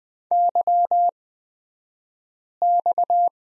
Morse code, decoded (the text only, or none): YX